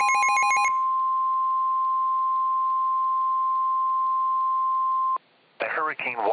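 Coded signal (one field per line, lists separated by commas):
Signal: Emergency Alert System (SAME) tones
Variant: 1050 Hz attention tone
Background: speech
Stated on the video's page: EAS tones in a fictional EAS scenario about a hurricane making landfall in southern California.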